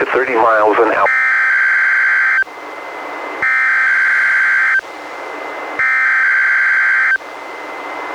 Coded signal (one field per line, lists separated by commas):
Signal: Emergency Alert System (SAME) tones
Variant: header bursts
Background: speech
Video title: EAS #299-304: 6 NWR Required Weekly Tests- Apr. 10-May 15, 2019